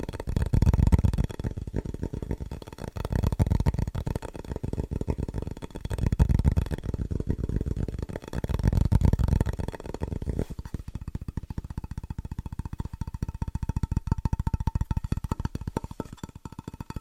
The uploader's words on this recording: ASMR Pure Fast & Rhythmic Tapping (No Talking).